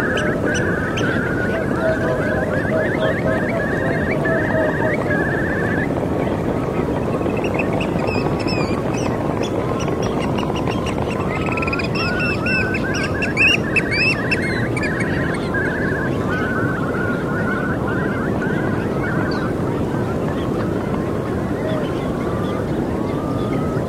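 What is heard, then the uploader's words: Seabirds call over a steady, dense wash of surf at the seaside. The roar of the waves stays constant and low-heavy throughout, while repeated bright, squawking bird calls cluster between about 7 and 20 seconds. The endless seaside, the breath of the ocean floating in the air, the call and healing from seabirds.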